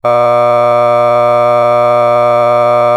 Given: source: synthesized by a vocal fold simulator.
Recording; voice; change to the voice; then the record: sustained vowel; male; a random mix of aspiration noise, stiffness perturbation and strain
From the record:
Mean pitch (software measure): 120 Hz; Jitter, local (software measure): 0.81%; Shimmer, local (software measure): 1.7%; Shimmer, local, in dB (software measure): 0.15 dB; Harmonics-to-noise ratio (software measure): 20.1 dB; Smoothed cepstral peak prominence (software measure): 20.6 dB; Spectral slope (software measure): -16.3 dB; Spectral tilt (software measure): -10.4 dB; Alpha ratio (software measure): -6.8 dB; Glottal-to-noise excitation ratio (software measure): 0.990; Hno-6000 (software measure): 2.3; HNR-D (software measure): 31.3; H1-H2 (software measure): 3.6 dB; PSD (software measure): 6.1e-05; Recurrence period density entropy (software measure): 0.113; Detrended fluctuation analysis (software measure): 0.0364